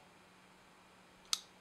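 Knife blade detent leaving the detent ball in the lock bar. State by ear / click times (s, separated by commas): released / 1.3 s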